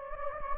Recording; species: mosquito wingbeat signal from an infrared sensor; Anopheles gambiae